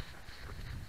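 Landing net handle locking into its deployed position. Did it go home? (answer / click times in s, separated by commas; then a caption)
no / none. With feet on the hoop of a landing net, an angler pulls the net handle toward himself to lock it into its deployed position. Only a steady low rumble with wind-like noise is heard, with no distinct click. The handle has not locked into place yet.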